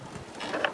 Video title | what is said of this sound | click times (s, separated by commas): Ep 240 - Our Windlass is Broken! Hinchinbrook Channel, Sailing Nutshell | So you just do them up and then all of a sudden you hear click, and that's done up. | 0.7 s